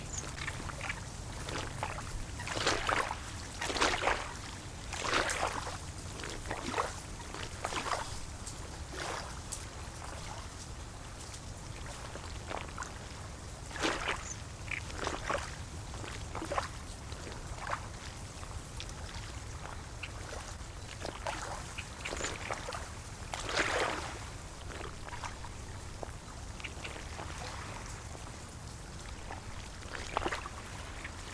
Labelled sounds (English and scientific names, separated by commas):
Great Reed Warbler (Acrocephalus arundinaceus)